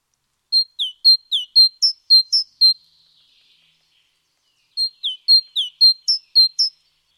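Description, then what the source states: Great tit singing two bright phrases of eight or nine rapid high notes, flat whistles mixed with steep downslurs, separated by a short pause. Nominate subspecies Parus major major; Indonesian name gelatik batu.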